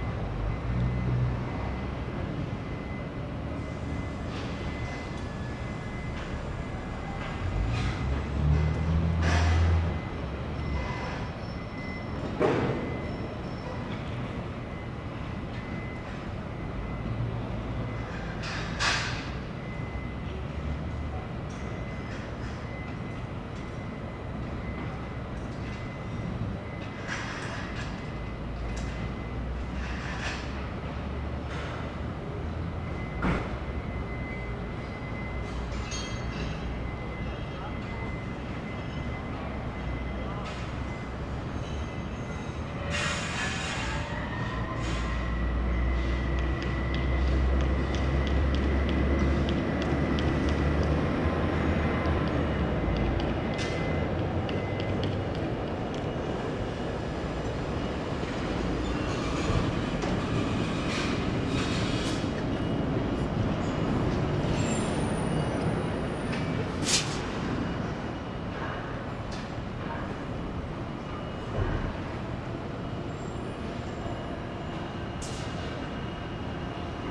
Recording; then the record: background sound without coughing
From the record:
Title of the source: 30 MINUTES Construction Site Ambience (CC BY 4.0)